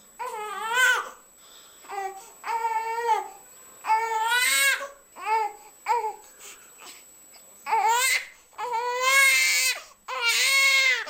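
Hunger cry of an infant in the first months of life: repeated cries, starting at low intensity and growing stronger and increasingly rhythmic. It signals the baby's wish for closeness and breastfeeding from the mother, the characteristic cry for food.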